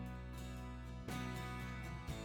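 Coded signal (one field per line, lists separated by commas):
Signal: none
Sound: background music notes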